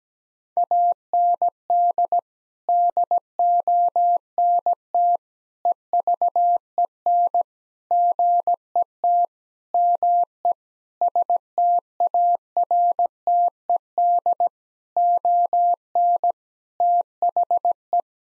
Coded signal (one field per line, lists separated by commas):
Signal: Morse code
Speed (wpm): 17 wpm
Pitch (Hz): 700 Hz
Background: none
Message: AND DONT EVEN GET ME STARTED ON THE